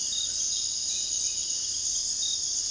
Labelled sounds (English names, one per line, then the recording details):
none
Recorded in dense forest near Puerto Asís, Putumayo, Colombia, on 21 February 2024 at 05:30
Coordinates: 0.485, -76.318
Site G6408